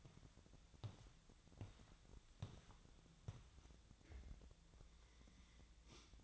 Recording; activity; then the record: daily activity, microphone in the room; walk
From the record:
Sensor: 3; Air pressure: 1012.2 hPa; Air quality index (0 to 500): 186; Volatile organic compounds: 3 ppm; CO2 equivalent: 1420 ppm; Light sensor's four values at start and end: 53/141/61/64 and 92/198/99/112